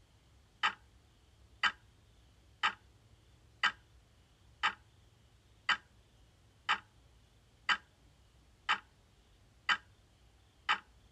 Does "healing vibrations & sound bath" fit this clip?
no